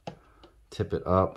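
A finger pushes a plastic shaver head out of its catch, releasing it from the shaver body with a sharp click at 0.1 s, followed by a fainter tick around 0.4 s. Someone then talks.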